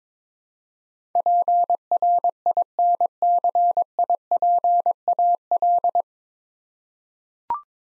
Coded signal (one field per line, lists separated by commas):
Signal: Morse code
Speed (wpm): 21 wpm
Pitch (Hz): 700 Hz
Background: none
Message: PRINCIPAL